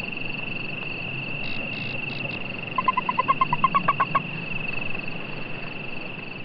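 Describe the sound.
Hot Creek toad giving one quick series of about a dozen short chirping pulses, with a constant whining hum and low noise throughout.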